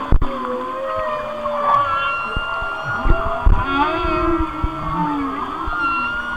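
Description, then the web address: Whale voicing long sustained tonal notes with gently bending pitch, plus scattered low clicks and thumps underneath. "Natures Songs Whale Songs Whale Songs- Mike Mc Donald"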